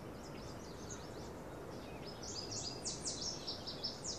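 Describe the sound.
Birds chirping: many high, quick overlapping chirps and short twittering notes, busier in the second half, over a steady broad background hiss.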